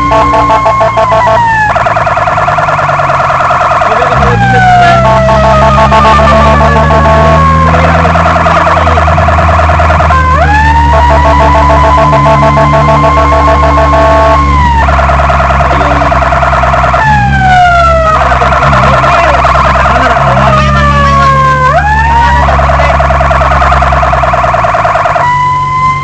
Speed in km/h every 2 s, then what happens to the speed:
40, 30, 34, 42, 42, 36, 38, 34, 33, 35, 38, 34, 30.
0-2 brakes to 30. 2-6 speeds up to 42. 8-15 slows to 33. 15-21 steady at about 35. 21-26 slows to 30.